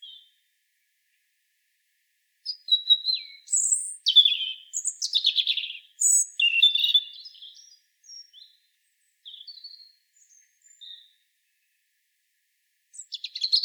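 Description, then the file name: European robin singing a long, varied phrase of sweet high notes, sharp downslurs and rapid twittering, trailing into scattered soft notes before another phrase starts. "Erithacus rubecula"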